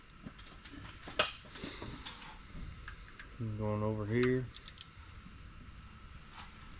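A click-type torque wrench tightens water pump bolts in a cross pattern to 18 ft-lb, and it clicks at its setting with a strong, sharp hit at 1.2 s. Lighter ticks and taps come before and after it. Someone talks through the middle of the clip.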